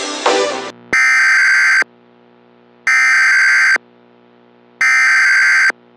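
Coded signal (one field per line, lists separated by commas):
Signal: Emergency Alert System (SAME) tones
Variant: header bursts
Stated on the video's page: Fictional EAS scenario, not a real alert.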